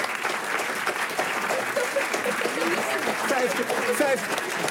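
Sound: audience applause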